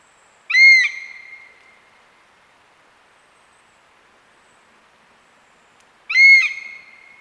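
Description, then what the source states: European honey buzzard alarm calls: two identical high, ringing whistled notes about five and a half seconds apart, each sharply attacked then fading, with silence between. Adult female perched in a tree, giving the typical alarm call at the recordist; small but increasing Scottish breeding population; easily overlooked in breeding habitat.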